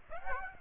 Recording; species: mosquito wingbeat signal from an infrared sensor; Aedes aegypti